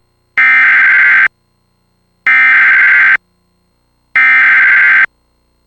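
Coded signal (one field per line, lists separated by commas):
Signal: Emergency Alert System (SAME) tones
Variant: header bursts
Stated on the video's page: Alert audio monitored from the GWES ERN (EAS Relay Network) stream.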